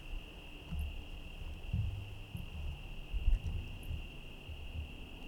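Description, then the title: Steady high cricket trilling runs throughout, over a low rumble with a few louder thuds. Night, Trinity County, California, USA, 17/10/25 around 05:06; rain and cars present; recorded on a Zoom H1 with internal XY mics. "Trinity County, Californie, États-Unis d'Amérique - 17_10_25_05_06 grillons nuit voitures PLUIE"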